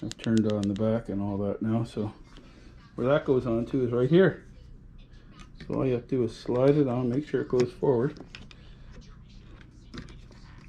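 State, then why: Seated. Someone talks while sliding a Gotrax EBE3 e-bike headlight forward onto its plastic handlebar mount. After the talking stops, a few small clicks and taps follow, and the headlight latches into the mount with a click at 10.0 seconds, seated.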